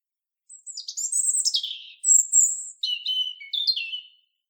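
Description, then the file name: European robin singing a continuous, varied phrase of high whistles, descending slurs and liquid trills, clear with no background sounds. "Erithacus rubecula"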